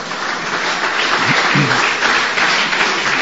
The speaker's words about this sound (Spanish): Mire cómo aplaude la señora, sí. Está. Cuando está muy entusiasta.